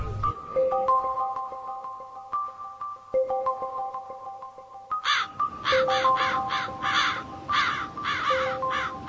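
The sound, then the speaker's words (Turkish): Several crows caw in a loud series of harsh, rasping calls over a steady tonal musical backing, the caws coming in quick irregular bursts during the second half. “Şimdi gizlice kaçıp karga kardeşlerimin yanına gidip öğrendiklerimi anlatayım.”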